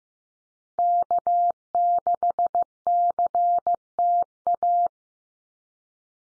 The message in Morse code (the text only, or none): K6CTA